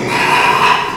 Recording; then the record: squeal of a Yucatan mini pig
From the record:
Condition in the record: after surgery on the right vocal fold (resection and tissue-engineered implant); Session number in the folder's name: 1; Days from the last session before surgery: 6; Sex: male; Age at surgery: 12 weeks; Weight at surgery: 13 kg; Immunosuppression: cyclosporine, prednisolone